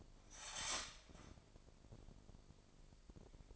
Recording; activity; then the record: daily activity, microphone in the room; start toaster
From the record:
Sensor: 5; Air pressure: 995.4 hPa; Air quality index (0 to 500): 105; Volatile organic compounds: 7 ppm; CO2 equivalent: 2014 ppm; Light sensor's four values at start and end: 34/83/33/34 and 34/83/33/34